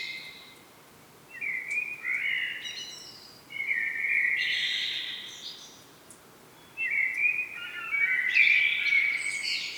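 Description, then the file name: Common blackbird calling in three separate bursts of sustained tonal notes, each a few seconds long with short silent gaps between them. "Turdus merula"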